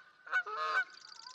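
Canada goose giving a short honk followed at once by a loud, nasal, harmonic honk lasting about 0.4 seconds, with quieter background before and after.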